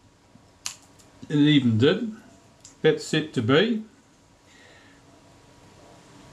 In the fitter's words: can pop into place and